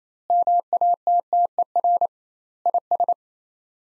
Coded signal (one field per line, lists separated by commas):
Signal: Morse code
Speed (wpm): 27 wpm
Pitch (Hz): 700 Hz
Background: none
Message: MATTER IS